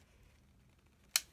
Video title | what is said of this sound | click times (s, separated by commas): First Impressions - Henry Small Game Rifle | A little click. | 1.2 s